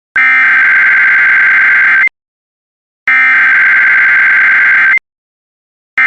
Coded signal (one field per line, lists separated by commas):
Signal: Emergency Alert System (SAME) tones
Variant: header bursts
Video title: EAS 206 - Arkansas Statewide Amber Alert